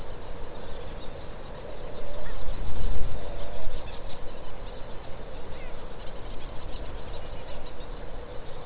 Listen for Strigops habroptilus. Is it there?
no